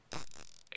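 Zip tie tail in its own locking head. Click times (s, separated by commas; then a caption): 0.4 s, 0.6 s, 0.7 s, 0.8 s. A plastic zip tie is threaded the correct way through a hole in a device wall and pulled, with its tail running through its own locking head. A broad rasping pull sound is heard, with short sharp ratchet clicks at 0.4, 0.6, 0.7 and 0.8 seconds as the pawl catches on the teeth. The clicking shows the zip tie has engaged and is seated the right way.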